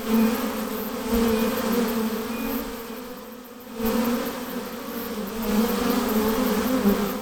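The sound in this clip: Honey bee buzzing: a dense, low hum that dips quieter for a moment midway, then rises to a full, steady drone again.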